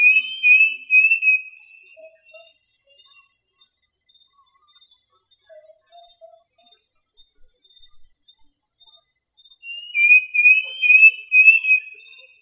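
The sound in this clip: Bird call: a loud run of pulsing high whistled notes opens, a long near-quiet stretch with faint tones follows, then the pulsing whistles return at the end.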